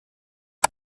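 A plastic cabin air filter access cover on a 2015-2023 Nissan Maxima is hooked in at the top, then its bottom is pushed into the glovebox housing. A single sharp, bright click is heard at 0.6 seconds against silence, with no other sound. The cover is seated and holds in place without coming out.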